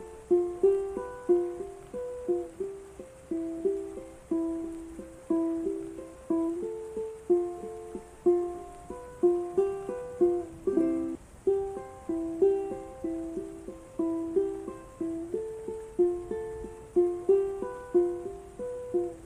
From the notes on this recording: the sound of the ukulele and the rain